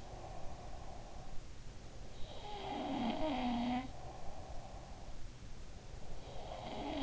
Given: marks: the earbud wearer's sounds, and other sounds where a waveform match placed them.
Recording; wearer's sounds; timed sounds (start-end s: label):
sounds in sleep by an in-ear microphone; breath
0.00-2.76 s: breath
2.14-5.23 s: sound from someone else or the room
3.90-6.63 s: breath
6.27-7.03 s: sound from someone else or the room